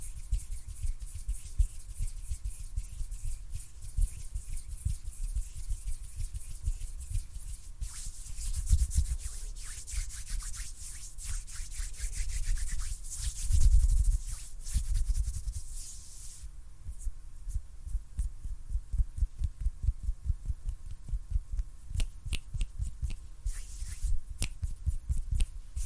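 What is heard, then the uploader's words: Hand sounds: a steady stream of soft, dense thumps and rubbing, like palms patting or brushing. A bright scratchy hiss runs through the first half, swelling around 9 and 14 seconds, then fades to sparser, sharper taps and clicks. ASMR HAND SOUNDS NO TALKING.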